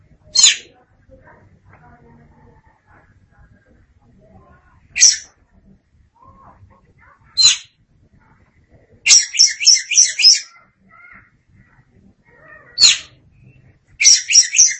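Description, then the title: Oriental magpie-robin giving lone piercing notes at long intervals, then quick bursts of harsh chattering syllables; some soft faint calls in between. "Suara Kicauan Burung Kacer Durasi Panjang"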